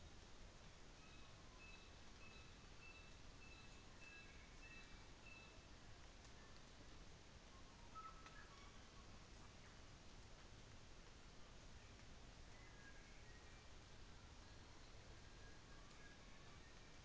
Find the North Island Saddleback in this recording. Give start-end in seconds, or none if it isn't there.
0.89-5.87